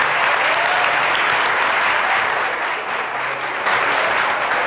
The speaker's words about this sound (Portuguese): Palmas para esse cavalheiro.